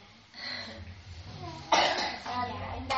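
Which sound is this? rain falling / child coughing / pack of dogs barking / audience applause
child coughing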